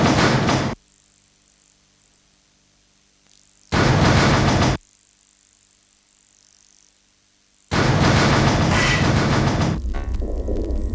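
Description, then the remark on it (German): A subway train at Weberwiese underground station, where the train ends its run: three loud, harsh rattling roars that cut in and out abruptly, separated by near silence, the last burst longer and fading into a rougher, lower rumble. “U-Bahnhof Weberwiese. Aus dem eingefahrenen Zug bitte alle aussteigen.”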